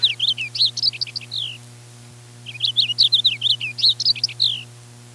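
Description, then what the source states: Purple Finch giving two rich, rapid warbled phrases of tumbling slurred notes, the second longer, separated by a pause; low hum throughout. From a radio broadcast dated 9 May 1988.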